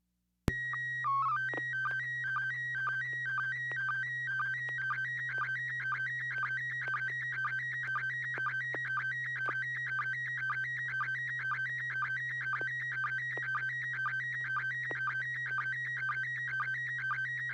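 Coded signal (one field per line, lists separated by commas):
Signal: SSTV (slow-scan television)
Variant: PD 120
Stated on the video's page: SSTV net on a 441.30 MHz FM repeater in Sacramento, CA.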